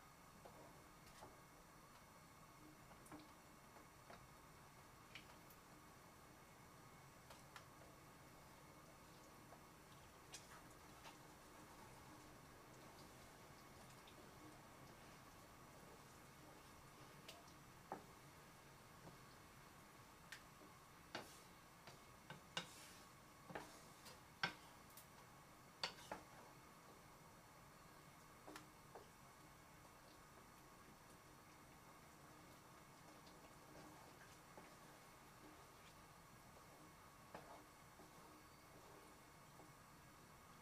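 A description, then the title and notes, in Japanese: Tomato sauce pasta being made, with a steady low hum underneath and scattered sharp clicks and clatters, clustered most densely around the middle. 環境音 トマトソースパスタの一部始終。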